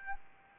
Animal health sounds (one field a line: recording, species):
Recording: mosquito wingbeat signal from an infrared sensor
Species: Aedes albopictus